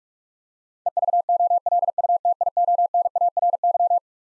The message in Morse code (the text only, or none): EVOLUTIONARY